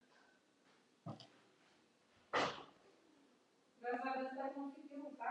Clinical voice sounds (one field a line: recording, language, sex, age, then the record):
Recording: spoken sentence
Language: Brazilian Portuguese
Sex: female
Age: 50 to 59 years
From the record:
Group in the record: control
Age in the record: 58 years